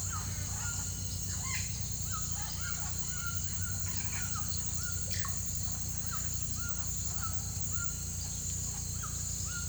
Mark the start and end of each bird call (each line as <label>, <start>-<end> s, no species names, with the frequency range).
bird call (0.6-6.3 kHz), 0.01-5.34 s
bird call (1.0-2.1 kHz), 5.90-9.69 s